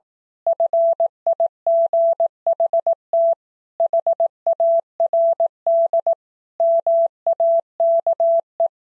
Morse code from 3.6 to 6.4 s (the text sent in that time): HARD